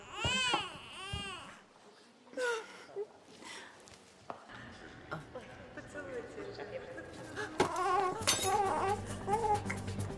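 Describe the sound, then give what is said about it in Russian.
An infant lying in a box wails in loud, high-pitched bursts that rise and fall during a wedding ceremony, followed by quieter sobbing sounds while other voices and clattering noises mix in toward the end. “В одной из коробок младенец.”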